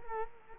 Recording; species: mosquito wingbeat signal from an infrared sensor; Culex quinquefasciatus